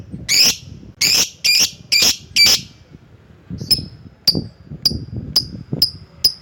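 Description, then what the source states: Lovebird calls: five loud harsh screeches in quick succession, followed by a regular run of thin, sharp ticking notes. Lovebird calling a rival.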